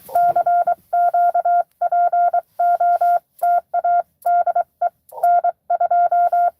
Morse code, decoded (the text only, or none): CQ POTA DE N2